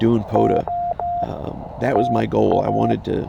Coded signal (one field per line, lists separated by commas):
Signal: Morse code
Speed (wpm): 15 wpm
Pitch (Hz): 700 Hz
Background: speech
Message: OTA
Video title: Parks on the Air in CW - K-2943 10 May